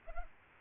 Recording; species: mosquito wingbeat signal from an infrared sensor; Aedes aegypti